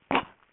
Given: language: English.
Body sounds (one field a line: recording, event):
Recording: throat vibration sensor signal played as sound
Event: cough